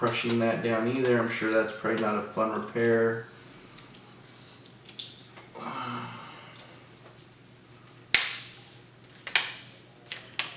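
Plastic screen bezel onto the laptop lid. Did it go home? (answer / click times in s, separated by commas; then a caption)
yes / 5.0 s, 8.1 s, 9.4 s, 10.4 s. Someone talks at the start, then the plastic screen bezel of an MSI GL62 6QF laptop is pressed back onto the laptop lid during a screen replacement. Its clips snap into place one after another with sharp clicks at 5.0, 8.1, 9.4 and 10.4 seconds, and the bezel is seated.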